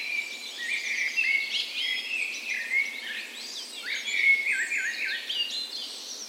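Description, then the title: Birds in a dawn chorus, a lively mix of overlapping whistled notes, warbles and fast high twitters throughout. Dawn chorus recorded the morning of 17 May, Norway's National Day, in a park west in Bergen, Norway, in full spring; Sony PCM A10 recorder with LOM Usi microphones as tree ears. "17th Of May Dawn Chorus"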